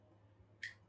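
An HDMI cable plug is pulled out of a port on an AUKEY bi-directional 2-1/1-2 HDMI switcher and splitter, and it takes quite a tug to come out. After a quiet stretch with a low steady hum, a short, sharp release snap lands at 0.6 s, bright across the upper frequencies. The plug comes free of the port.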